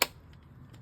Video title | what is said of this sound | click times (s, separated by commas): A SUPER DUPER bike wash for a consignment bike for sale! | squeeze the caliper to get inside the caliper arm and make sure did you hear that snap do it again | 0.0 s